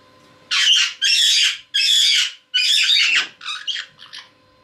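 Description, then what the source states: Caique squawking in a run of four long, harsh screeches, then several short clipped squawks trailing off. Parrot of genus Pionites, described as having become playful and worked up.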